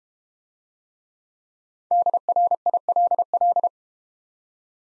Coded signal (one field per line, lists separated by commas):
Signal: Morse code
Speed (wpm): 32 wpm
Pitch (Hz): 700 Hz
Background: none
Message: DRILL